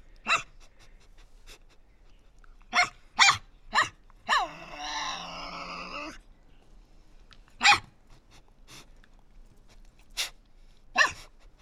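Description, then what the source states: Tasmanian devil calls: short harsh bursts spaced irregularly, with one drawn-out wavering whine in the middle, then more sharp snorts. Resident devils in an enclosure at a conservation facility, Cradle Mountain, Tasmania, disputing who has priority; October 24, 2007.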